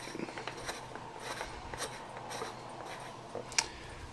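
A screw-on cap is turned counterclockwise on its threaded fitting until the threads click into line, then tightened by hand. Quiet ratchet-like clicks and scrapes run through the clip and end in a sharp hit at 3.6 s, as the cap seats home.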